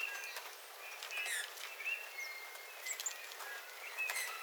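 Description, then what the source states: Eurasian bullfinch song: gentle, plaintive whistled notes, some rising or falling, spaced irregularly, with scattered sharp clicks and soft hiss around them. Several bullfinches singing, recorded 13 February 2026.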